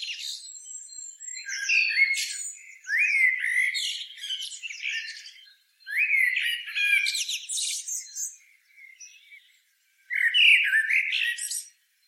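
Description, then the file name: Common blackbird giving several song phrases, each a mellow warble with scratchy high twitters. "Turdus merula"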